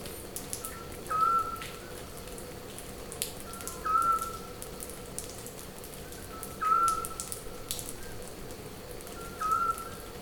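Scops owl call: short, plain whistled hoots at a steady pitch, four of them spaced nearly three seconds apart, over soft crackling background noise.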